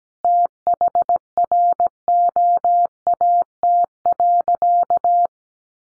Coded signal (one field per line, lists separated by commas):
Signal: Morse code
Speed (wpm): 17 wpm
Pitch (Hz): 700 Hz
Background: none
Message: THROAT.